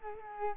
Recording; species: mosquito wingbeat signal from an infrared sensor; Culex quinquefasciatus